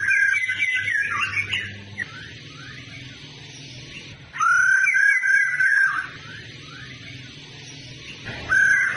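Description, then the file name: Laughingthrush sings rich, warbled whistles that rise and fall, in three bursts with quieter slurred notes between, against a soft low hum. Female bird; sound used to stimulate male birds to sing. "Tieng khuou mai ro kich trong hot"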